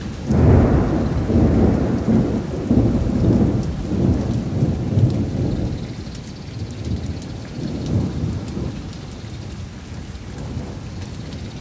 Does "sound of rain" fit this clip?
yes